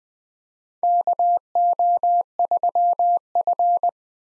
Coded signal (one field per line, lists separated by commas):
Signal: Morse code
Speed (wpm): 20 wpm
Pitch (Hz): 700 Hz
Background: none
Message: KO3F